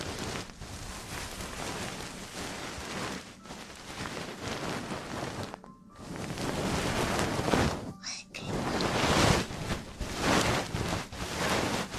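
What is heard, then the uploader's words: Ear cleaning and ear massage sounds: dense, crackling rubbing and scratching that swells and fades, with brief quiet gaps near six and eight seconds. ASMR Ear cleaning & Ear massage.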